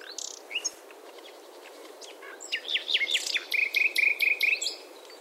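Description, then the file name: Common nightingale song: scattered varied chirps and whistles, then a rich phrase ending in a fast, even series of repeated liquid notes. "Luscinia megarhynchos"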